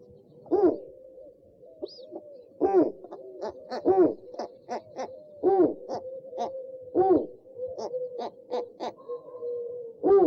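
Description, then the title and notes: Owl hooting: a steady low tone with many louder, short hooted notes at irregular intervals. Part of a compilation of 69 call variants from 11 owl species. "Sovy - Eulen - Owls. 69 variant hlasů - 11 druhů sov"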